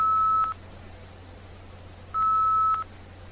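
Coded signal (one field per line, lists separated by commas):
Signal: fax machine handshake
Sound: two steady mid-pitched beeps, about half a second each, with a pause between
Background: low hum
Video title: Fax Machine sound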